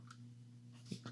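The plastic middle panel of a Studio Series 86 Ironhide transforming robot action figure is handled as it is pressed toward its body, with a faint tick near 0.1 s, a steady low hum underneath and two soft plastic knocks around 0.9 and 1.05 s. Nothing has seated or clicked yet.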